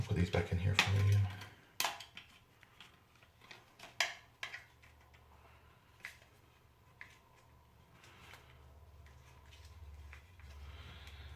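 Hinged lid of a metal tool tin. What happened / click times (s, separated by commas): Small metal items are handled and set into a tin; the lid has not yet snapped shut / none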